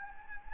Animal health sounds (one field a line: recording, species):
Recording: mosquito wingbeat signal from an infrared sensor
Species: Anopheles gambiae